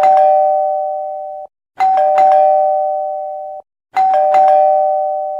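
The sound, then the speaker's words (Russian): A doorbell chimes three times in a row, each ring a bright two-tone ding-dong that rings out and fades slowly before the next one starts, with short gaps of silence between. “И раздался звонок в дверь.”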